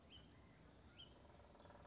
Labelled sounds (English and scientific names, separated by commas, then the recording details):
Hutton's Vireo (Vireo huttoni)
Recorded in Sonoma County, California